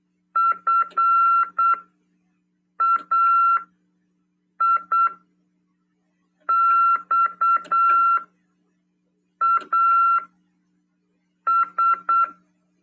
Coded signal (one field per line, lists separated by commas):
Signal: Morse code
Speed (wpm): 8 wpm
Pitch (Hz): 1360 Hz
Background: none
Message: FAIXAS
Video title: RADIOAMADOR 2ªEd. 15/12/2022 "AULA 46: CW, LEGIS e C.RODADA" FM 146.410 Mhz.PY2EXU PAULO CRASP/RAF.